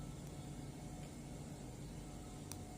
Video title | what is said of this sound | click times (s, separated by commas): Ganti battery Garmin Fenix 5s - service Garmin smartwatch | Sampai bunyi klik gitu ya. | 2.5 s